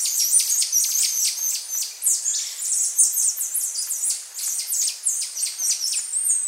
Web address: Natures Songs S America Primates of the Rainforest Saddleback tamarin